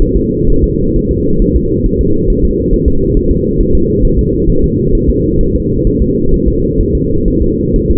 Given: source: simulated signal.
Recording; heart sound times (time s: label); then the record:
fetal heart sounds
0.02 s: S1
0.16 s: S2
0.50 s: S1
0.64 s: S2
0.96 s: S1
1.11 s: S2
1.42 s: S1
1.56 s: S2
1.86 s: S1
2.01 s: S2
2.30 s: S1
2.44 s: S2
2.73 s: S1
2.88 s: S2
3.17 s: S1
3.31 s: S2
3.60 s: S1
3.75 s: S2
4.05 s: S1
4.19 s: S2
4.50 s: S1
4.64 s: S2
4.95 s: S1
5.09 s: S2
5.41 s: S1
5.55 s: S2
5.87 s: S1
6.02 s: S2
6.34 s: S1
6.48 s: S2
6.81 s: S1
6.95 s: S2
7.28 s: S1
7.42 s: S2
7.76 s: S1
7.90 s: S2
From the record:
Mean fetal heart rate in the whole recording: 130 bpm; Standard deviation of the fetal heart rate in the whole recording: 4 bpm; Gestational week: 38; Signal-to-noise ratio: -16.4 dB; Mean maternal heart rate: 72 bpm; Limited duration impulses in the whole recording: present